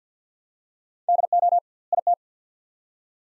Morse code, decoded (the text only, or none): DO IT